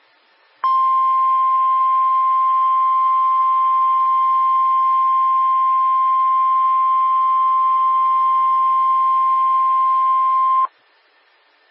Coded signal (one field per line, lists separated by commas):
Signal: Emergency Alert System (SAME) tones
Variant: 1050 Hz attention tone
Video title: [TRIPLE HEADER!] NOAA Weather Radio - EAS #474 - 476 - TORR, SVR, TOR, 2/20/14 8:01 PM